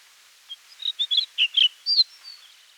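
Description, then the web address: Güldenstädt's redstart song: one short phrase of high, quick, chirpy notes ending in a clear whistled note. "guldenstadts redstart song"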